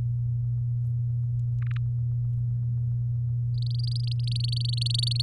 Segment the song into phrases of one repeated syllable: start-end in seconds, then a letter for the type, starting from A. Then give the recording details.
3.54-5.21 A. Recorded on 7 May 2018 at 15:29. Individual llb16